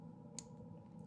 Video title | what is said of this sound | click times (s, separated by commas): 2021 Contractor Training — Session 1 | hear a little click it goes in one way and then your two wires coming off the bottom of your tester | 0.4 s